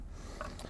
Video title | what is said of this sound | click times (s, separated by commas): 2022 Pleasure-Way Ontour 2.2 - Orientation Walk-Through | and then that just goes on and locks in place for travel | 0.4 s